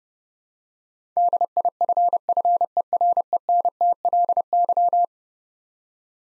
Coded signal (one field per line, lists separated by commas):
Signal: Morse code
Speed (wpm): 30 wpm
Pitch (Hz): 700 Hz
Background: none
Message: DIFFERENTLY